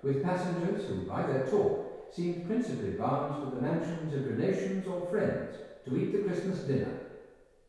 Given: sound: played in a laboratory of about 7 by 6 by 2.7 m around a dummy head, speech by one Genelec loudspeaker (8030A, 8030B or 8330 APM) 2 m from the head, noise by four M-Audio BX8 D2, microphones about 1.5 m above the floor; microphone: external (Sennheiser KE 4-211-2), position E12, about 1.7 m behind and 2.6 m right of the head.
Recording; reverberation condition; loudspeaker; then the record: male speech in English; high; 150 degrees to the right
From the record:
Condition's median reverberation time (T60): about 1300 ms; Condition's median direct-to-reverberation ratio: about -4.0 dB